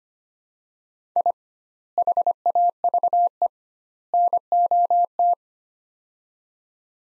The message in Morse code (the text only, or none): I HAVE NOT